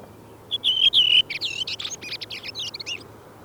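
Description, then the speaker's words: Redwing: clear whistles lead into a rambling, scratchy twitter of varied squeaky notes. Arrives around the same time as the chaffinch; one of the commonest birds yet not well known; song starts with a far-carrying flute-like phrase and ends in quiet squeaky twittering; singing style varies between localities. "Punakylkirastas laulaa näin."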